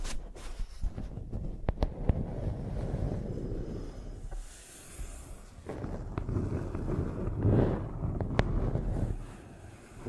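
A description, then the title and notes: Microphones are rubbed and scraped like pencils, making a dense, low, scratchy rumble that swells and fades in waves. Sharp taps and clicks cut through near the start, around two seconds, and again near six and eight seconds. A brief quieter lull falls around five seconds. ASMR Using Mics as Pencils (No Talking).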